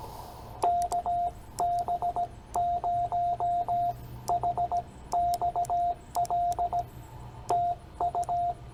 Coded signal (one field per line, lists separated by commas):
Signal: Morse code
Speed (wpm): 16 wpm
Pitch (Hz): 700 Hz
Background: radio noise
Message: KB0HXL TU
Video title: POTA Redemption. CW Copy Practice with Subtitles with Ed